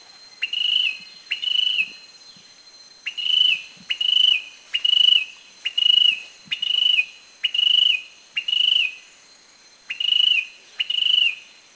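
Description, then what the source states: Philippine tailorbird calling: loud clear whistled notes, each rising sharply then level, repeated a little faster than once a second, with a steady high insect hum behind. Recorded at Subic, Philippines, in 2010.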